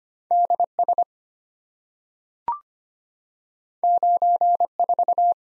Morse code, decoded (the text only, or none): DS 94